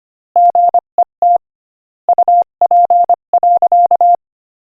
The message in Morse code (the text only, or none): GET UP.